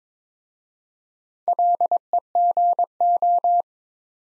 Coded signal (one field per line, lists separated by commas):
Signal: Morse code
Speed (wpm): 22 wpm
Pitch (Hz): 700 Hz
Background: none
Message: LEGO